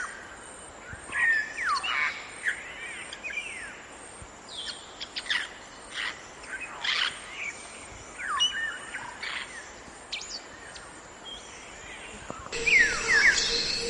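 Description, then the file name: Grey parrot uttering a varied series of short squawks, chirps and slurred whistles at an irregular pace over background hiss, with a louder burst near the end. "canto do papagaio cinzento"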